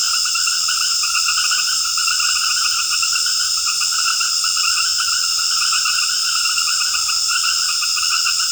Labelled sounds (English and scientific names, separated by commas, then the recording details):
none
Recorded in secondary vegetation near Puerto Asís, Putumayo, Colombia, on 13 March 2025 at 19:00
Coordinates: 0.488, -76.319
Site G095